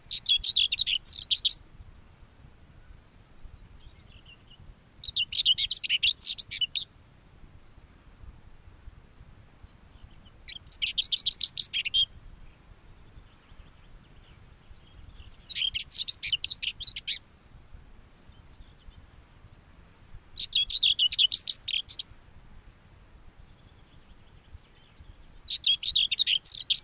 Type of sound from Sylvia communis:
song